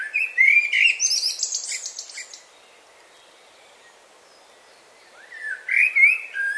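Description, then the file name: Common blackbird: a warbled phrase with a shrill twittering tail, silence, then a rising whistled start to another phrase. "Turdus merula"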